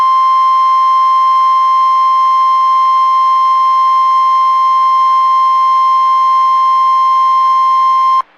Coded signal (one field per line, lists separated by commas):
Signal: Emergency Alert System (SAME) tones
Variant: 1050 Hz attention tone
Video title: Tornado Watch #107 | EAS #592